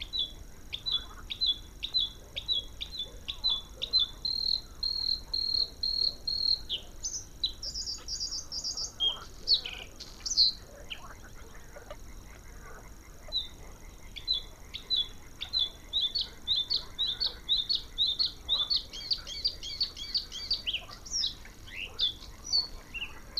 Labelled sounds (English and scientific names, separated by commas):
Bluethroat (Luscinia svecica) song